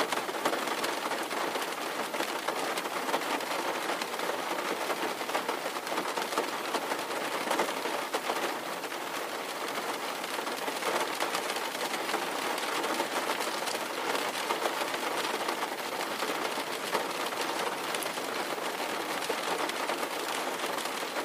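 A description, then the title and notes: Steady rain falls without a break, a dense, even hiss of countless drops striking a surface. The sound is bright and full, with little low rumble and no distinct single events standing out over the twenty seconds. Steady Rain White Noise.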